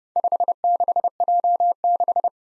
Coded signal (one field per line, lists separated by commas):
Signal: Morse code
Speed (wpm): 30 wpm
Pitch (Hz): 700 Hz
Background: none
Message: 56J6